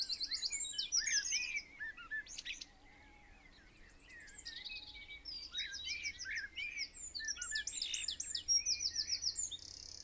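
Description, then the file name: Eurasian wren song: fast, high, buzzy trills and chattering notes in bursts, with a short quiet gap before the rapid trilling resumes. "Troglodytes troglodytes"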